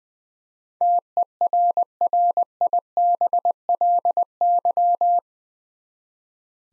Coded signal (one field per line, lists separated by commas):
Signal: Morse code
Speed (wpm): 21 wpm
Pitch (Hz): 700 Hz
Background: none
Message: TERRIBLY